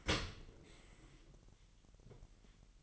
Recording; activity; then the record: daily activity, microphone in the room; open dishwasher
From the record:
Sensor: 4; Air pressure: 1001.5 hPa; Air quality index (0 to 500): 249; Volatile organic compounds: 42 ppm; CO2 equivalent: 3180 ppm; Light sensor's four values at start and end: 8/18/7/7 and 8/18/7/7